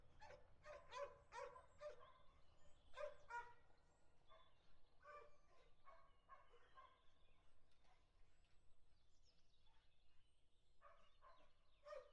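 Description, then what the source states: Dogs giving bursts of sharp barks, then quieter scattered barks with faint background noise. Dogs recorded together with a car.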